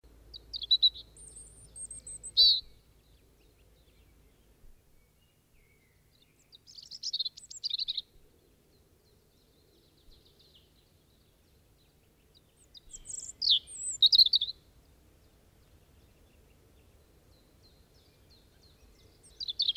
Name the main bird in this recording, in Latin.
Erithacus rubecula